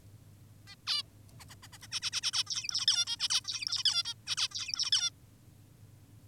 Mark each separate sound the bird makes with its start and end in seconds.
0.67-0.76, 0.87-1.03, 1.40-1.45, 1.49-1.56, 1.63-1.68, 1.72-1.78, 1.82-1.88, 1.92-2.00, 2.02-2.11, 2.12-2.21, 2.23-2.32, 2.33-2.44, 2.47-2.86, 2.88-3.06, 3.07-3.16, 3.20-3.29, 3.30-3.41, 3.45-3.84, 3.85-4.03, 4.05-4.14, 4.27-4.36, 4.37-4.48, 4.52-4.90, 4.92-5.10